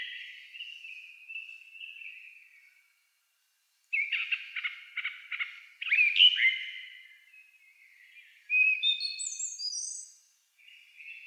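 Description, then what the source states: Song thrush song in separate phrases with pauses: a soft warbled phrase, a run of stuttering notes, a loud burst, then a phrase of high notes. Recorded 28 April 2010 with a DAT recorder.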